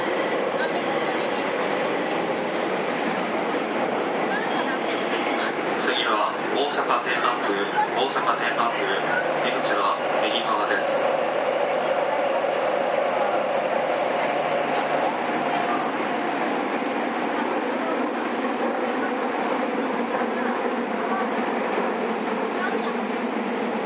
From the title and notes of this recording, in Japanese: JR207系 京橋〜宝塚。JR東西線、宝塚線の区間で録音しました。